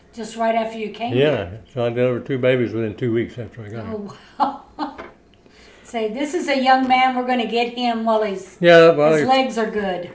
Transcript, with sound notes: Just right after you came here.
Yeah. So I delivered two babies within two weeks after I got here.
Oh, wow. (laughing) Say, This is a young man, we're gonna get him while he's--
Yeah, while he's--
--his legs are good.